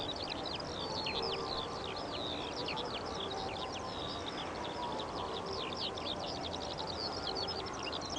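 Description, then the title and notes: Eurasian skylark song, a continuous rapid stream of high chirps, trills and whistled notes without pause, over a steady low background hum. Singing while descending, late summer evening, Eggardon Hill hillfort, Dorset. "Eggardon Hill, Dorset. A Skylark sings and descends. Recorded by Ezra Gray"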